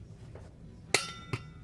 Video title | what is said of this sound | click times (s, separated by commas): Part 2 of 07 Toyota Tundra 5.7L IForce Rear Main Seal disassembly and Install | a click so 61 pounds is what they're saying going | 0.9 s